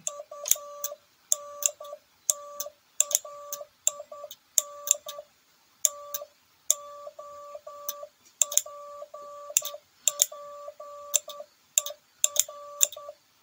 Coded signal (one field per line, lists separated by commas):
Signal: Morse code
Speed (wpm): 10 wpm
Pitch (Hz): 1160 Hz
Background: none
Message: UNTAIN TOPPER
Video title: Twaalf seinsleutels / Twelve Morse Keys